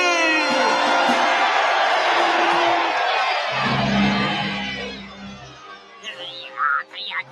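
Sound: crowd cheering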